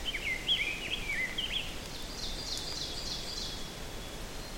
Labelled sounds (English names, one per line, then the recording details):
Ovenbird song
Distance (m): 65 m
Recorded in boreal forest in Alberta, Canada, on 4 June 2016 at 06:50
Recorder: SongMeter 3, array SBT-3-51
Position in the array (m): 218 m, 12 m
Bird 27